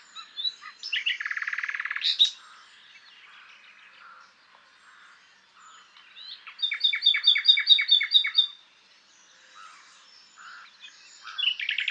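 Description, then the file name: Common nightingale singing varied phrases: a rapid buzzy rattle, then a fast series of repeated sharp chirps, pauses of quiet, and a new phrase starting at the end. "Luscinia megarhynchos"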